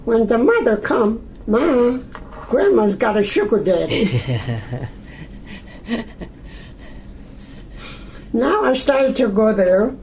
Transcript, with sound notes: when the mother come, "Ma, grandma's got a sugar daddy." (laughs) Now I started to go there,